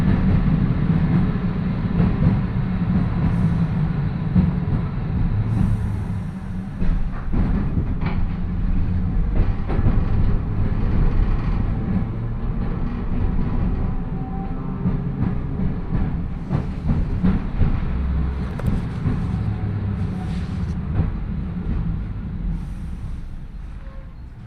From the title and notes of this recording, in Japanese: 万葉線 高岡駅→越ノ潟。電車は吊りかけモーターなので中々の唸りをあげています。